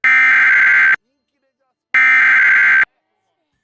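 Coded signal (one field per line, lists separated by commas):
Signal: Emergency Alert System (SAME) tones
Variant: header bursts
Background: speech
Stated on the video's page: Real flash flood warnings issued for Tropical Storm Hilary.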